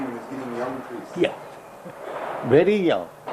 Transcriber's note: chuckles